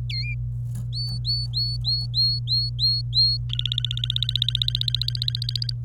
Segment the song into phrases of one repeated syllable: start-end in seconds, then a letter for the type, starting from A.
0.10-0.34 A, 0.93-3.37 B, 3.50-5.72 C